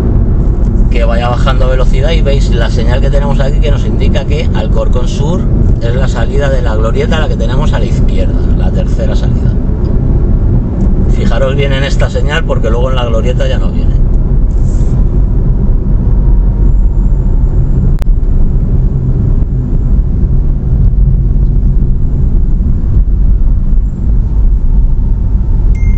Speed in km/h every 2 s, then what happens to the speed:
69, 67, 64, 63, 62, 59, 55, 51, 45, 38, 35, 29, 27.
0-26 slows to 27.